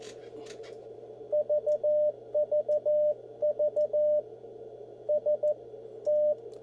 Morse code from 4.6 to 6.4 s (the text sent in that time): ST